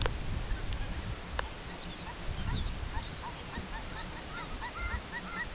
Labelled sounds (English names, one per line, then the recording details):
unidentified sound
Lapland Longspur
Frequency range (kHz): Lapland Longspur 3.0-4.8 kHz
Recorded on Arctic tundra, site CORI-1, on 13 June 2018
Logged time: 16:00